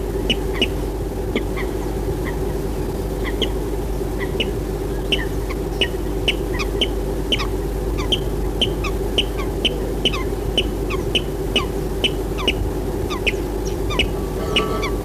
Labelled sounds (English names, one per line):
Water Rail